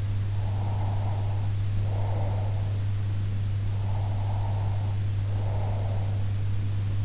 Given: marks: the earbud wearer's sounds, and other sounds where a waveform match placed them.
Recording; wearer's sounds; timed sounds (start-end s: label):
sounds in sleep by an in-ear microphone; breath
0.41-2.72 s: breath
3.69-6.24 s: breath